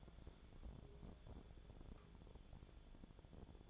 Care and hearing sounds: daily activity, microphone in the room; take from stove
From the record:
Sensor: 5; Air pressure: 1000.0 hPa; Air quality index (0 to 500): 96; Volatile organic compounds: 1 ppm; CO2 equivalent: 776 ppm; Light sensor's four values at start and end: 372/884/383/431 and 369/881/380/428

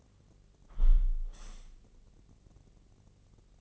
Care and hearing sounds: daily activity, microphone in the room; close window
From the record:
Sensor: 4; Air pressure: 1013.1 hPa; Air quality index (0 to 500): 166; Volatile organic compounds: 2 ppm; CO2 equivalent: 1046 ppm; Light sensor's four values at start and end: 41/101/41/41 and 40/98/40/40

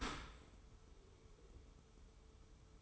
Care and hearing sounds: daily activity, microphone in the room; open dishwasher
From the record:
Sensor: 1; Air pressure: 1015.0 hPa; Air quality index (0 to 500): 25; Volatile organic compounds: 0 ppm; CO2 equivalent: 500 ppm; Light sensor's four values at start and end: 13/30/12/13 and 13/30/12/13

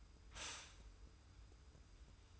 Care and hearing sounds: daily activity, microphone in the room; stop toaster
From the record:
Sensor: 2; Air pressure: 990.5 hPa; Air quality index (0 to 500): 164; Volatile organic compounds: 848 ppm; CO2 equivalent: 5169 ppm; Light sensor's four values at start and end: 28/67/27/27 and 28/67/27/27

